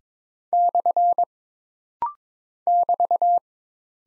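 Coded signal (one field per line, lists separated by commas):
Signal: Morse code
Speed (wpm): 22 wpm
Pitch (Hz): 700 Hz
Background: none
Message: / <BT>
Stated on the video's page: Rapid-fire Morse code practice of single punctuation marks and prosigns at 22 wpm, each character sent, then spoken, then sent again, for instant character recognition.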